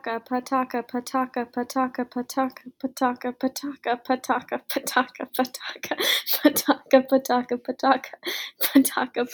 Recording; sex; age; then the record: repeated syllables /pa ta ka/; female; 20 to 29 years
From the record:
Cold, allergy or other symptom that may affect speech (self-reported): no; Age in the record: 22 years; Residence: Massachusetts, United States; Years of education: 16